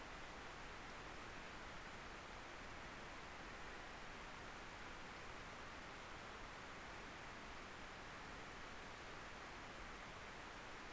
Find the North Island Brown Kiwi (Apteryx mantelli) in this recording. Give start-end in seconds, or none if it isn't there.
none